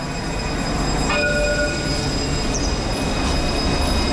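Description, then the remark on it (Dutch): A tram heading to the Harold's Cross neighbourhood rolls along with a steady, loud rumble, while thin high-pitched wheel squeals ring out in sustained tones over it throughout. No one speaks. “Nou, opnieuw de tram in, maar dit keer op weg naar de buurt Harold's Cross.”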